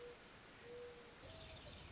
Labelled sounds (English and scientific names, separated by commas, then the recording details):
Mourning Dove (Zenaida macroura)
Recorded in Sonoma County, California